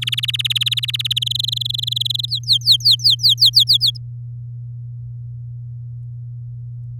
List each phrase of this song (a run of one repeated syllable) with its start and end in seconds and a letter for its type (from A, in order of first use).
0.02-1.13 A, 1.16-2.26 B, 2.28-3.97 C